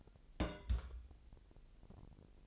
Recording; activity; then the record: daily activity, microphone in the room; place on stove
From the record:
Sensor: 5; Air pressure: 1002.1 hPa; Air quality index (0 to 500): 250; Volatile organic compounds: 9 ppm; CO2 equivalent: 2162 ppm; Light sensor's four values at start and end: 22/48/21/23 and 22/48/21/23